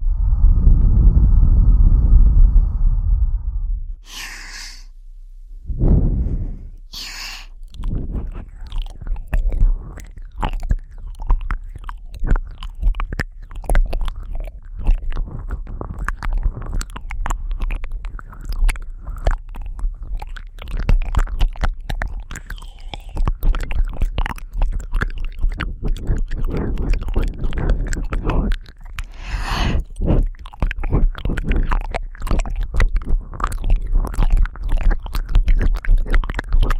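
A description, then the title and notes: Wet ear licking fills the recording, a dense run of small clicking, smacking mouth sounds that continues steadily after a muffled low rumble in the first four seconds. A few brighter, sharper bursts stand out near 4, 7 and 29 seconds. Intense Ear Licking.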